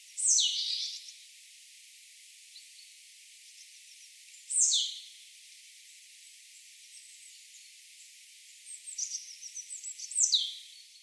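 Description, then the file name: Marsh tit calls: three sharp, high notes slurring downward at intervals of about four to six seconds, with a softer scatter of thin notes just before the last one, over a faint hiss. "Poecile palustris"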